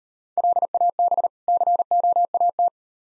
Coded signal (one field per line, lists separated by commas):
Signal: Morse code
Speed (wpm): 38 wpm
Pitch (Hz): 700 Hz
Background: none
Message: LAB COAT